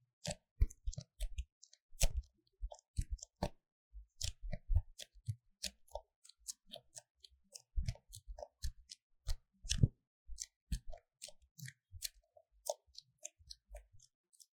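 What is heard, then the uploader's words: A paper cup is tapped, crinkled and squeezed, with dense, irregular crisp clicks and soft low thumps throughout. 紙杯觸發 | Paper Cup triggers | NoTalking.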